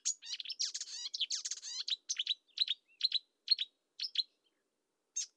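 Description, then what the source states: Marsh warbler song with a dense, harsh chattering burst, then a series of paired sharp twittering notes and a final lone note after a pause. Nominate subspecies Acrocephalus palustris palustris.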